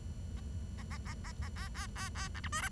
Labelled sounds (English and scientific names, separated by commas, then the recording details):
Bengalese Finch (Lonchura striata domestica) song
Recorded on 23 June 2012 at 09:28
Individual gr41rd51